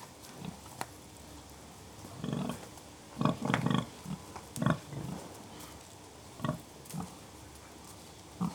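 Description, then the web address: Pig grunting in low, rough bursts, some quick doubled grunts clustered together, then scattered single grunts after pauses. Three pigs, grunting occasionally; livestock. "BBC Sound Effects Library BBC Livestock Three Pigs Grunting Occasionally"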